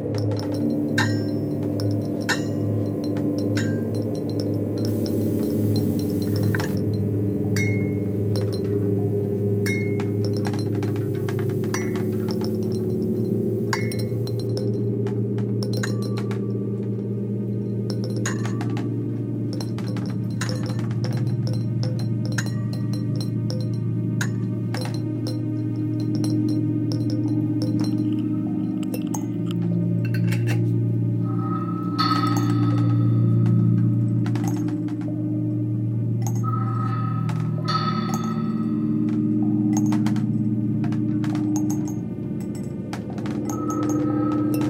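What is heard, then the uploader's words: A steady low drone hums beneath a run of small clinks, taps and rattles from everyday items like crockery, tins and packaging. The hits come irregularly throughout, bright and short, with a denser scatter in the first fifteen seconds and ringing tones appearing around thirty seconds. Sequence of sounds made using numerous everyday items (pots & pans, crockery, tins l& boxes, plastic packaging, etc) against the backdrop of an evolving drone structure.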